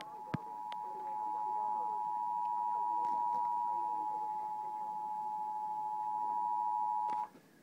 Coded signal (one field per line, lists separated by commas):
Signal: Emergency Alert System (SAME) tones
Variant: 853 and 960 Hz attention tone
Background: speech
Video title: REAL EAS 1183-Severe Thunderstorm Warning